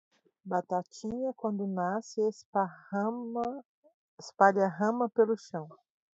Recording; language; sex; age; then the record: short text; Brazilian Portuguese; female; 40 to 49 years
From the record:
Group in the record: control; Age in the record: 43 years